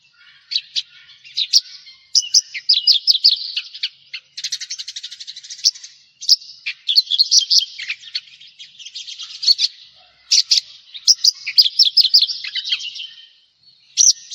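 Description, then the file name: Javan bush lark song: lively, varied phrases of rapid trills, buzzes and clipped whistles, separated by brief gaps. "suara burung branjangan jawa"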